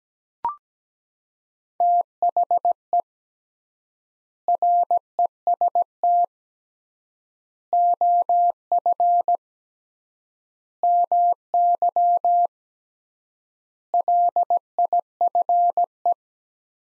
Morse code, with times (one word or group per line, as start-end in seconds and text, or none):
1.8-3.0 THE
4.5-6.2 REST
7.7-9.4 OF
10.8-12.5 MY
13.9-16.1 LIFE